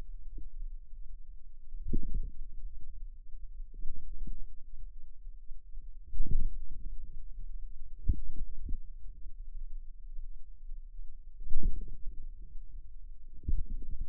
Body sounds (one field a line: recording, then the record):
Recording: forearm muscle sounds (acoustic myography)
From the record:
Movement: inward rotation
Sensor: system 2, bracelet of six BSWA MPA416 microphones around the upper forearm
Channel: 6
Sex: female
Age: 23 years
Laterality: right